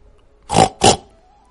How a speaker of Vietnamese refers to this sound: Ở trong Thái Bạch Tông tĩnh mịch đột nhiên truyền ra một tiếng lợn kêu. Dưới tình huống không có một tiếng động, không ai dám phát ra chút động tĩnh này. Tiếng lợn này nghe vào tai thực sự là rất cổ quái. Bất quá cũng không ai cười.